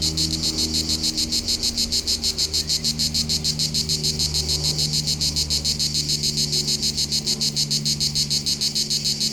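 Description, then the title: Cicada chorus of strident high buzzing, pulsed steadily and quickly, with a low background rumble. Local cicadas in full activity on a hot summer day at the foot of the Molard de Vions, Vions, France; rhythmic song. "Rue De BOVERON, Vions, France - Rythmique des cigales"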